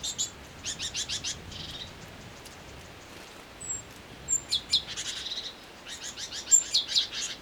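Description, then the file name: Great tit calls in several bursts of rapid buzzy chatter, mixed with thin high notes and a softer hissing buzz between them. "Parus major"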